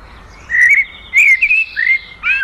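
Common blackbird song, clear fluty whistles rising and falling in a short sequence.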